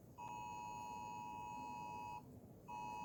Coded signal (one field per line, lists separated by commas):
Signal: Emergency Alert System (SAME) tones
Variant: 853 and 960 Hz attention tone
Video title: Rating EAS alarms